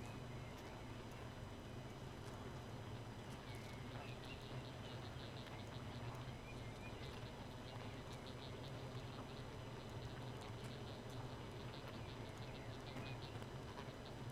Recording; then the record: honeybee colony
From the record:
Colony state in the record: missing queen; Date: 31 May 2018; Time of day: 2:59